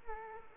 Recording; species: mosquito wingbeat signal from an infrared sensor; Culex quinquefasciatus